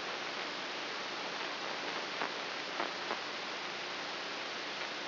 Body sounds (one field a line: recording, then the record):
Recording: brain microelectrode recording played as sound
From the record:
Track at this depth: inside the subthalamic nucleus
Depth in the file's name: 2.004 mm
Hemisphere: right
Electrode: 3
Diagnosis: Parkinson's disease